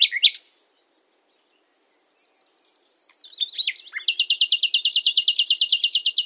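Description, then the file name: Common nightingale song: a short burst, silence, soft twittering, then a loud fast series of rhythmic repeated notes lasting over two seconds. "Luscinia megarhynchos"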